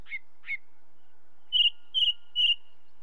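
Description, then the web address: Ring ouzel giving three loud ringing piped whistles about half a second apart, preceded by two short husky notes. Recorded with the song of a second bird. "BBC Sound Effects Library. Ring Ouzel"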